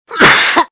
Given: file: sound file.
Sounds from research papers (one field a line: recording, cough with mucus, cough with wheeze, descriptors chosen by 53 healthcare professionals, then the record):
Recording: cough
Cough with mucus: no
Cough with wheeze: no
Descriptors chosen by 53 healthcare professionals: dry 41, brassy 10, hoarse 6, barking 6, wheezy 4, bovine 3, rattling 2, moist 2, loose 1, productive 0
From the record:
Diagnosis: IPF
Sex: male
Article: The description of cough sounds by healthcare professionals